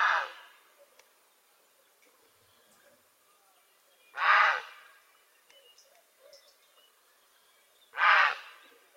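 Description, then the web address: Grey heron uttering three coarse, grating squawks spaced roughly four seconds apart, with faint small sounds between them. "naszenadlesnictwo prace Czapla Siwa"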